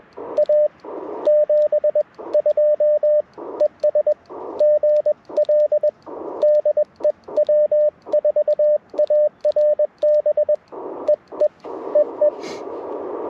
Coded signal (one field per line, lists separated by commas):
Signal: Morse code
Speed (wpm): 21 wpm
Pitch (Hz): 590 Hz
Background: radio noise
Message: A 72 ES GL DE W4ARB EE EE